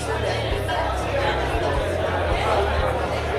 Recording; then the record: background sound without coughing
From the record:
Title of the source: CITY SOUNDS Busy Bar in the Evening Night - 2 HOURS of Ambiance for Relaxation